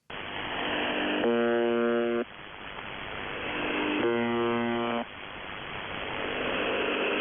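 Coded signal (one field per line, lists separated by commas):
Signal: numbers station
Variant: UVB-76 (The Buzzer)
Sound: static hiss broken by two harsh, low, one-second buzzes about three seconds apart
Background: radio static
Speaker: the buzzing is like eerie it's very otherworldly i like to play you a clip now of one of the codes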